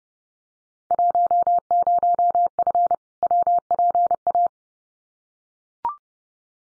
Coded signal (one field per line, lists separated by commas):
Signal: Morse code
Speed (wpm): 30 wpm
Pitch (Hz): 700 Hz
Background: none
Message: 10F WPA